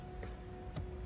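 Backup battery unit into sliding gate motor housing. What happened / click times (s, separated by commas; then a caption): The battery unit is being handled and has not yet seated / none. A BFT backup battery unit is slid into a slot at the back of a BFT Deimos/Ares sliding gate motor housing, with the circuit board already released. Two brief handling knocks are heard at about 0.2 s and 0.8 s over a steady low tonal hum. The unit has not seated or clicked into place yet.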